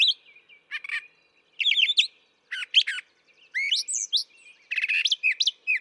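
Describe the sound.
Brown thrasher song, loud and varied: rasping bursts and slurred whistles in quick doubled phrases with short silences between.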